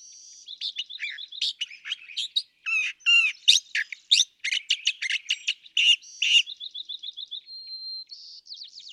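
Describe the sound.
California thrasher song, a continuous run of varied chips, slurs and short rattles, with a brief even trill and whistle near the end.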